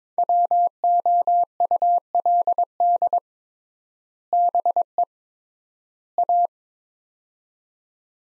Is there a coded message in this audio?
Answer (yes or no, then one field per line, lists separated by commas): yes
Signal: Morse code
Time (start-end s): 0.2-6.5 s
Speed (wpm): 21 wpm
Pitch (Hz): 700 Hz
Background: none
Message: WOULD BE A